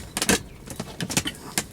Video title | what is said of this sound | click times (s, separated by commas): How to Assemble a Trak T 1600 Sea kayak, The kayak Shop & East Coast Kayaking | give it a bit of a push and it locks and make sure | 1.6 s